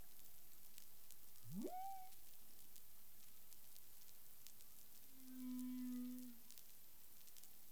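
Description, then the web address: Humpback whale sounds, a sharply rising upsweep followed by a pause and a steady low moan, with crackling background noise. Recorded 13 February 2021 at 10:05 UTC. "CARIMAM humpback whale 20210213 100528 UTC"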